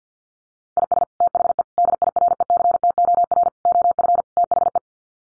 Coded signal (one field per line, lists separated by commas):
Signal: Morse code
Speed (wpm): 49 wpm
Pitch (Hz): 700 Hz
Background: none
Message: IS THE DIRECTOR OF THE